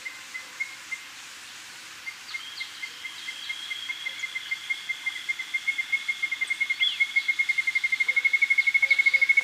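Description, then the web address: Tyrannine Woodcreeper song: a long series of short, even notes that starts slowly, then speeds up and grows steadily louder. Recorded in Ecuador. "S America Birds of Ecuador. Tyrannine Woodcreeper"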